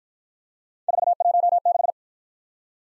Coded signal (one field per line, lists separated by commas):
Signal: Morse code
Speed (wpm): 51 wpm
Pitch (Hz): 700 Hz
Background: none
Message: 416